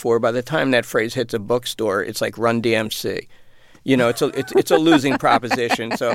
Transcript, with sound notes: By the time that phrase hits a bookstore, it's like Run-D.M.C. (Soundbite of laughter) You know, it's a losing proposition.